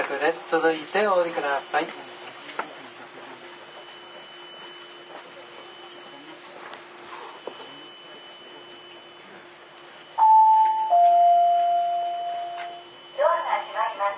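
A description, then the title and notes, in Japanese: Aboard a Toei 10-300 train, speech opens and closes the ride over a steady hum, with a loud two-note door chime near eleven seconds. 都営10-300形(3次車) 新線新宿〜高尾山口。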